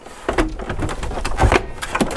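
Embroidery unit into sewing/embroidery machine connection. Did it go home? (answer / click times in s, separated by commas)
no / none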